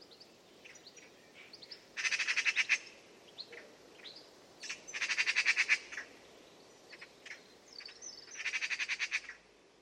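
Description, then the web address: A bird repeats bursts of rapid, rattling, pulsed squawks about every three seconds, with thin high chirps in between. "Deverinetal 2025 File origin Bird Only"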